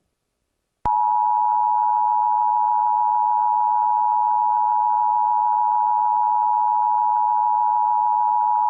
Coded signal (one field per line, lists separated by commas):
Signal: Emergency Alert System (SAME) tones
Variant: 853 and 960 Hz attention tone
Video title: EAS MOCK: Snow Squall Warning for South Central Wisconsin (EAS 1,290) on Feb 18, 2022 at 7:19 PM CST